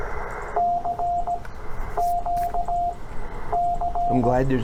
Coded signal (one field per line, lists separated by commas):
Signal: Morse code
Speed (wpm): 17 wpm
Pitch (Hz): 700 Hz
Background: speech, radio noise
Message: CQ C